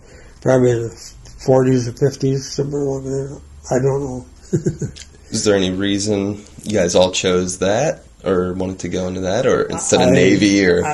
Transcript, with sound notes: probably in the 40s or 50s or somewhere in there, I don't know [laughing]
Was there any reason you guys all chose that, or wanted to go into that instead of the Navy?